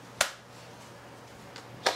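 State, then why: Seated. After a replacement keyboard is fitted in an Acer Aspire 5517 laptop, the plastic keyboard cover strip is pressed back onto the laptop base and its clips snap into place. Sharp, bright clicks sound at 0.2 s and 1.9 s, with a fainter tick at 1.6 s, over a low steady hum. The cover is seated.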